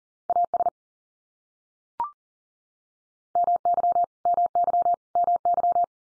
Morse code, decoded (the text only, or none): AS MY MY MY